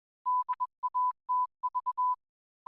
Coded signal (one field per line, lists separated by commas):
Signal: Morse code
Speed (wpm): 22 wpm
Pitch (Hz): 1000 Hz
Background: none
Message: DATV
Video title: Surf Life Saving Tasmania Radio Network